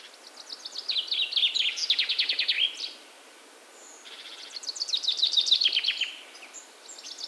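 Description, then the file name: Common chaffinch singing two cascading phrases, each a fast descending trill closing with a short flourish, with the start of a third phrase at the end. "Fringilla coelebs"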